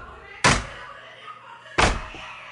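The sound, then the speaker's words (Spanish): A door is slammed or banged hard twice, about a second and a half apart. Each hit is a loud, sharp thud with a brief rumbling decay over a low background murmur. “¡Abran la puerta!”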